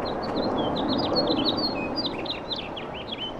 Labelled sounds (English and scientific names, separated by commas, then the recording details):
House Finch (Haemorhous mexicanus) song
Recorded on Long Island, New York, on 18 April 2012
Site GC
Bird C